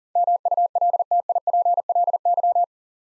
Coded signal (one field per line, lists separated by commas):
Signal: Morse code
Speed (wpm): 42 wpm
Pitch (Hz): 700 Hz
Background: none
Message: MULTIPLY